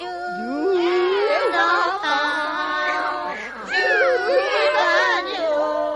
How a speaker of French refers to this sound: On entendit alors une horrible cacophonie. Aucun chat ne chantait juste. Certains chantaient trop haut, d'autres chantaient trop bas, certains ne connaissaient pas les paroles des chansons et d'autres n'arrivaient même pas à se souvenir de l'air.